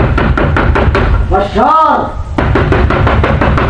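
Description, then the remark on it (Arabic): Loud, rapid knocking on a door, like police knocking, in a steady, insistent rhythm, many sharp raps in a row. It breaks briefly while a voice calls out, then resumes just as hard. “بشار، من يدق الباب دق الشرط؟”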